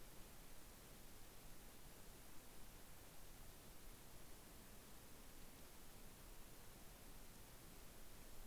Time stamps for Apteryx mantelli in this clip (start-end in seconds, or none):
none